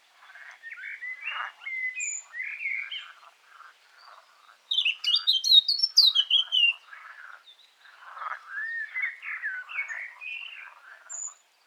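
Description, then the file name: Eurasian blackcap song: a muttered warble that breaks into a loud, rich, fluty whistled burst, then returns to soft warbling. "Sylvia atricapilla"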